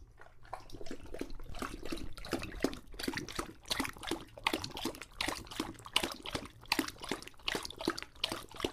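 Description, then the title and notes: English Bulldog drinking, many wet laps and splashes throughout. Male English Bulldog named Lucho drinking water from a bowl after a long walk, breathing heavily and out of breath between drinks. "English Bulldog Drinks from Water Bowl. listen to Lucho the English Bulldog as he tries to drink water after a long walk. Don't let his heavy breathing fool you in between drinks, he's equally out of breath from the walk"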